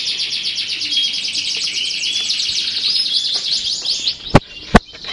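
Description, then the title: Canary singing a fast, high trilled phrase with rapid repeated notes and short whistles, followed by two sharp clicks. Belgian canary breed; warm-up song for canaries. "Canto Para Esquentar Canário Belga. SUARA BURUNG : Kenari"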